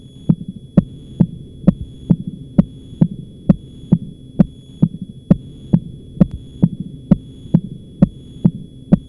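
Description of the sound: Sharp, crisp metallic clicks in regular pairs at about 66 a minute, heard over an adult heart: the opening and closing of a Starr-Edwards caged-ball mechanical valve, the sound of a stiff prosthetic valve.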